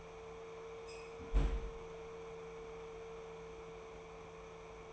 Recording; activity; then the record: daily activity, microphone in the room; close fridge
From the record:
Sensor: 1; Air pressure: 1015.0 hPa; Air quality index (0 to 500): 193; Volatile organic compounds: 22 ppm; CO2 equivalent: 2738 ppm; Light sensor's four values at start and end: 20/49/20/24 and 21/52/22/26